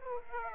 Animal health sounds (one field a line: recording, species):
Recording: mosquito wingbeat signal from an infrared sensor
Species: Aedes aegypti